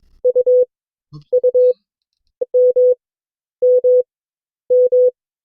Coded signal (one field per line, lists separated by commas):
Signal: Morse code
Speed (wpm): 22 wpm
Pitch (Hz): 500 Hz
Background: none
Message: U U M M M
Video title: CW Class - Session 2 (2026-01-29)